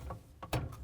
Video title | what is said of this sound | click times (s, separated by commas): How To: LG/Kenmore Filter Assembly 5231JA2005A | Once you have it locked into place, | 0.4 s, 0.5 s